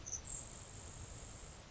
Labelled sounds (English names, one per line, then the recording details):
Grasshopper Sparrow
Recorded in Sonoma County, California